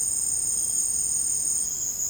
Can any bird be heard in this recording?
no